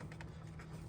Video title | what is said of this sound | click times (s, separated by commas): How To Install DSP5 (SOTF) Switch On LML Duramax | And as we push it, it will lock in. You hear it click, push the tab down, and it's on. | 0.1 s, 0.2 s